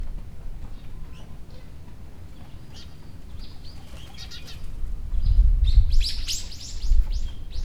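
Bird calls: faint high chirps early, then a burst of loud, sharp chirps near the end over a low rumbling background.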